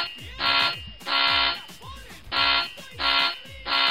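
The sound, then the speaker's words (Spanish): A harsh electronic alarm buzzer blares in five loud, even bursts of about half a second each, separated by short gaps, with a faint murmur of voices underneath. “Venga, muy bien, solo falta que nos suene una alarma.”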